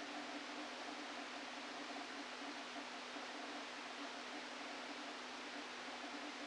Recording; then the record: brain microelectrode recording played as sound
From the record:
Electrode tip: outside the subthalamic nucleus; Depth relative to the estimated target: 2 mm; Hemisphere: left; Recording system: NeuroSet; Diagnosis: Parkinson's disease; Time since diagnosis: 13 years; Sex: male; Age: 49 years